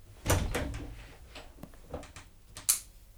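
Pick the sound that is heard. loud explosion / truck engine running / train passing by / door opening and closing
door opening and closing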